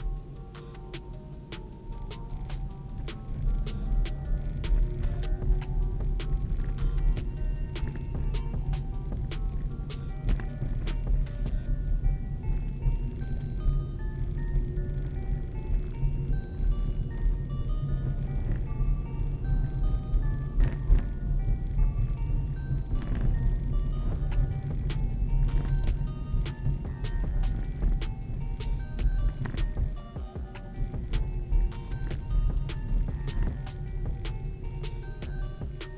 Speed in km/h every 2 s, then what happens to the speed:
20, 22, 20, 25, 26, 26, 26, 28, 30, 30, 31, 30, 30, 29, 26, 23, 21, 16.
0-27 speeds up to 29. 27-36 slows to 16.